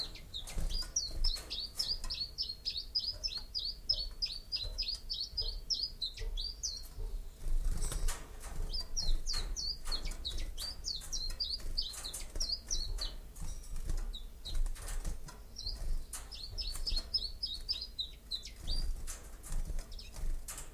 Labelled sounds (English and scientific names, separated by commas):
Common Chiffchaff (Phylloscopus collybita) song